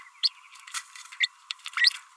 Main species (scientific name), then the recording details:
Forpus passerinus. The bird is a female. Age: 30 days. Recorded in a nest box in Venezuela. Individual 17B32A5